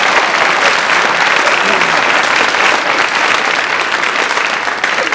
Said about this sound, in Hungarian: Kitűnően csináltad a tapsot, megérdemelted.